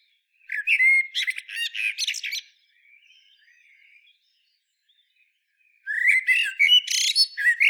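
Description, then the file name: Common blackbird song, two warbled phrases separated by a quiet pause, each with loud, scratchy high-pitched twittering. "Turdus merula"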